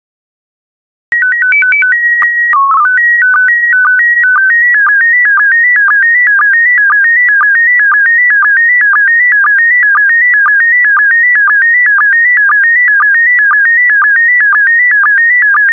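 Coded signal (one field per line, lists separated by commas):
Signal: SSTV (slow-scan television)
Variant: PD120 mode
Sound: short calibration header, then a steady warbling tone with regular low blips about twice a second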